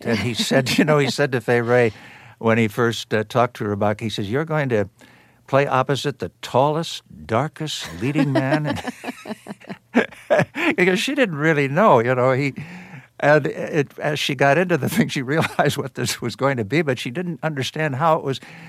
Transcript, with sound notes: And he said - you know, he said to Fay Wray when he first talked to her about it, he says, you're going to play opposite the tallest, darkest leading man...
(Laughter).
...Because she didn't really know. You know, he - and as she got into the thing, she realized what this was going to be, but she didn't understand how it was